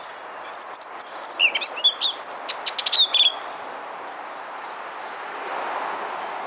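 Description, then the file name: Eurasian blackcap song: a single phrase of about three seconds, scratchy chattering notes running into brighter whistled figures, then quiet background. "Sylvia atricapilla"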